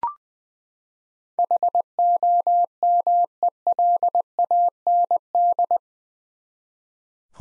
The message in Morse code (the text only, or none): HOMELAND